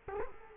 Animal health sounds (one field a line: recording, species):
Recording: mosquito wingbeat signal from an infrared sensor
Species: Culex quinquefasciatus